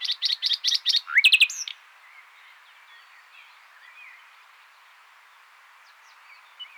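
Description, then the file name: Common nightingale song: a run of five quick repeated chirps, then a rising whistle into a loud, rapid trill, followed by quiet with faint bird notes. "Luscinia megarhynchos"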